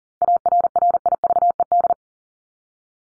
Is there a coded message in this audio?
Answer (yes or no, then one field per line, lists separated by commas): yes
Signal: Morse code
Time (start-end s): 0.2-1.9 s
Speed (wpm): 40 wpm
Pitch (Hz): 700 Hz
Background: none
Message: ARRIVED